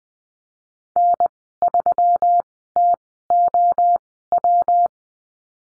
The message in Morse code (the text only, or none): N3TOW